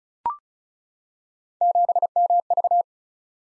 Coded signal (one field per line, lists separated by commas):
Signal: Morse code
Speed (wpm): 36 wpm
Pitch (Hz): 700 Hz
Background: none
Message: 7MV